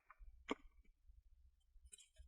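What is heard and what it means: The caddy end of a plastic bottom cover on a Lenovo Ideapad 320 laptop is pressed down into the top case, and its remaining plastic snap clips click home. Soft clicks sound at 0.1, 0.5 and 1.9 seconds, the one at 0.5 seconds the loudest, over a low background hum. The cover clips are seated.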